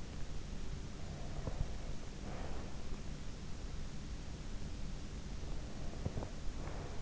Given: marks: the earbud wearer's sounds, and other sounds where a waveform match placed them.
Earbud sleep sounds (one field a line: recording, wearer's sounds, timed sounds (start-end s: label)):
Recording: sounds in sleep by an in-ear microphone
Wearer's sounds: breath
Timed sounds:
0.97-2.73 s: breath
5.63-7.02 s: breath